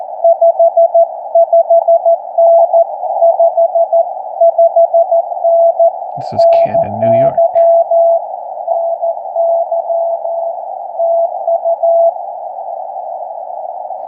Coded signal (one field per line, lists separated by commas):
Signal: Morse code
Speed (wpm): 14 wpm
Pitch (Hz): 670 Hz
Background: none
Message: 55N 55N NY NY TU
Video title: Pt 1: CW POTA Activation from Victoria Springs SRA in central Nebraska. Ham Radio & Morse Code fun!